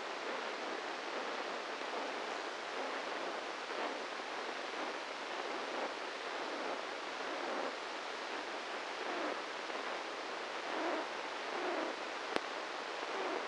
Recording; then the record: brain microelectrode recording played as sound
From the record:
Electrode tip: inside the subthalamic nucleus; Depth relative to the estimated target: -2 mm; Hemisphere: right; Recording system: NeuroSet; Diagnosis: Parkinson's disease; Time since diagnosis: 8 years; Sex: male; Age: 58 years